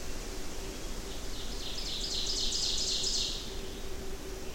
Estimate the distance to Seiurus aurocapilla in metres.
about 40 m